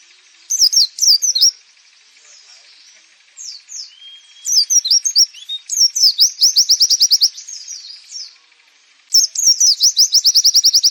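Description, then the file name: Oriental white-eye song alternating brief high twitters with long, very fast chattering trills, interrupted by short silences and a thin whistle. Nembak, a rapid song style used for training birds. "suara pleci nembak"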